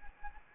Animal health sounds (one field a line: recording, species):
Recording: mosquito wingbeat signal from an infrared sensor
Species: Anopheles arabiensis